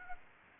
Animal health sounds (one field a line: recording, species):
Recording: mosquito wingbeat signal from an infrared sensor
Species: Aedes aegypti